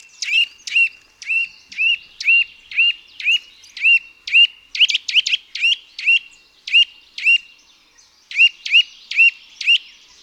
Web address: Ptaki Kowalik